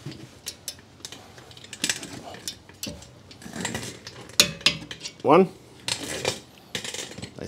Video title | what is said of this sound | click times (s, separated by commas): 2015 Jeep Grand Cherokee WK2 Front Brakes | Nice click there. | 4.4 s